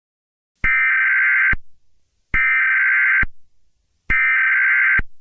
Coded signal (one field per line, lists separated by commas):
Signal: Emergency Alert System (SAME) tones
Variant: header bursts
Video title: Analog Horror?: Civil Danger Warning Hijacking (CONTAINS REAL EAS TONES!!!)